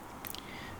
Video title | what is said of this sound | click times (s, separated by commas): P0039 Peugeot 308 GFB DV+ Diverter valve repair upgrade | get a very satisfying click and | 0.3 s, 0.4 s